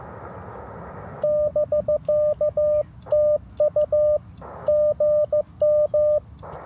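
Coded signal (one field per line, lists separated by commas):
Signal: Morse code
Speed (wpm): 14 wpm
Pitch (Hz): 600 Hz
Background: radio noise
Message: <BK>TU GM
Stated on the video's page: CW during an Independence Day park activation with good propagation.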